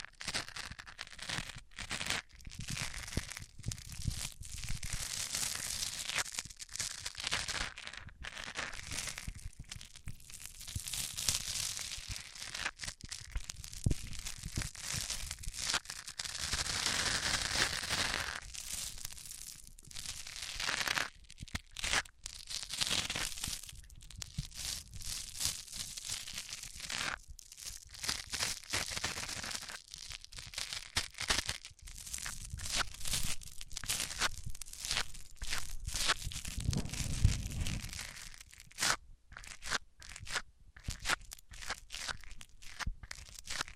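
Microphones rubbed against various surfaces, giving a continuous scraping, crinkling rustle with dense, irregular bursts and brief gaps. The texture shifts throughout between bright hissing scratches and rougher tearing sounds, with a heavier, lower rumbling stretch around 36–38 seconds.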